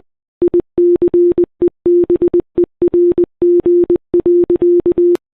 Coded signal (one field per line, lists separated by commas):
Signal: Morse code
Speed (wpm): 20 wpm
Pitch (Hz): 350 Hz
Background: none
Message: ICEBERG.